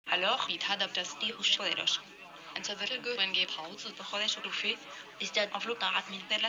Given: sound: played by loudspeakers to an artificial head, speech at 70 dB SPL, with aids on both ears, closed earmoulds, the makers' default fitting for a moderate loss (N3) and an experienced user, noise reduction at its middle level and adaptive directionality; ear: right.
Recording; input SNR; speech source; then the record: speech test signal (ISTS) in cocktail-party noise; +6 dB; on the right (90 degrees)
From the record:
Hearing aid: class 1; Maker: G